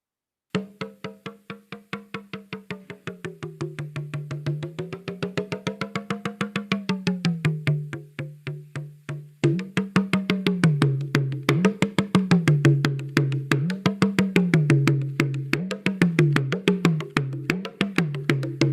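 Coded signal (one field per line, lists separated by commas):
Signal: talking drum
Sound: fast steady drum strokes whose low pitch rises and falls in speech-like contours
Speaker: lo que ustedes han escuchado, es un tambor parlante, pero ya moderno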